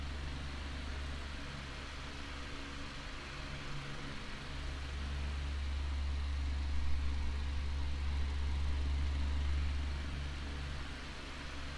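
An oscillating fan drones with a steady low hum and airy hiss, swelling slightly in the middle as the air sweeps past, then easing.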